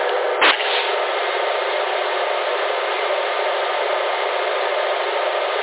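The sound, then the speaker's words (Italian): A helicopter engine warming up before takeoff, heard as a steady, unbroken whooshing roar that holds the same level throughout, with one brief click just after it begins and no voices. “Cos'è questo rumore? L'elicottero, prendi la partenza.”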